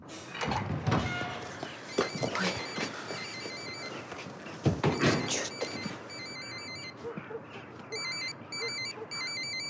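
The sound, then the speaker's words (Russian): Clattering, rustling noise gives way to a mobile phone ringing, its bright electronic melody repeating in short, high-pitched bursts over the background. “звонит по мобильному.”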